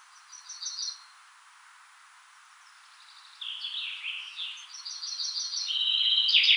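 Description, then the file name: Common chaffinch, two song phrases: a short high phrase, a pause, then a louder phrase of cascading notes running into a trill, cut off at the end. "Fringilla coelebs"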